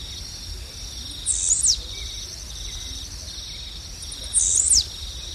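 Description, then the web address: Blue-black grassquit song: two short, high buzzy bursts about three seconds apart, each ending in a quick downward slur, over a steady background of insect trilling. Song, recorded in the eastern lowlands of South America. "Natures Songs S America Eastern Lowlands. Volatinia jacarina, song"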